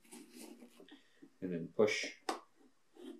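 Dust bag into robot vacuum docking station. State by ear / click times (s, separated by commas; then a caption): not seated / none. The plastic dust bag holder of a Roborock robot vacuum docking station is handled and pushed back into the dock while someone talks, with a sharp knock near 2.3 s. Nothing has seated or clicked into place yet.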